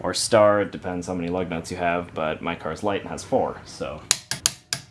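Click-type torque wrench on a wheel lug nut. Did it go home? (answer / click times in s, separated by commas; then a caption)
yes / 4.5 s, 4.7 s. Someone talks for most of the clip, then a click-type torque wrench tightens the next wheel lug nut in a cross pattern on a light NA Miata with four lug nuts. Sharp clicks sound at 4.5 s and 4.7 s, showing the nut has reached torque.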